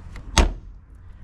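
The small rear trunk lid of a compact electric licence-free microcar (Microlino Lite) is closed, and its latch catches in the car body striker with one crisp slam at 0.4 s, preceded by a faint tap at 0.2 s. The sound is clear, clean and precise, without the rattling buzz heard on other licence-free cars, and the lid is latched shut.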